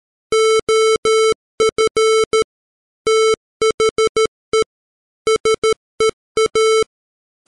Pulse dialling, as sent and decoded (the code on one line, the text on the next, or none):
none